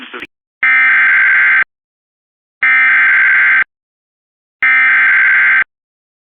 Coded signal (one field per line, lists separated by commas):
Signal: Emergency Alert System (SAME) tones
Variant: header bursts